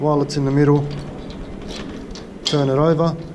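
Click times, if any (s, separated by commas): none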